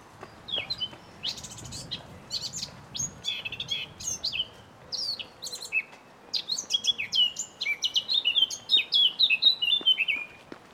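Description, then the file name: Eurasian blackcap singing a varied warble of quick chirps and twittering notes that grows into a fuller, flowing phrase of rich whistled notes near the end. "Sylvia atricapilla"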